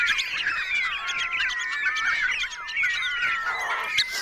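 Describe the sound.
Bat chatter of squeaky, bending chirps overlapping constantly, a busy colony-like din with occasional sharp clicks.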